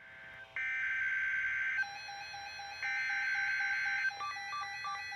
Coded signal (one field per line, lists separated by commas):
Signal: Emergency Alert System (SAME) tones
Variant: header bursts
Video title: NWR Required Weekly Tests (9/29/21)